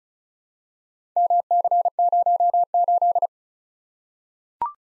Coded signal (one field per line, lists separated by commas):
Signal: Morse code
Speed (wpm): 36 wpm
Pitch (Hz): 700 Hz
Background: none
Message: MC08